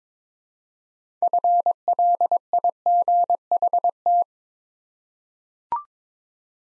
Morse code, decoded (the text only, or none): FLIGHT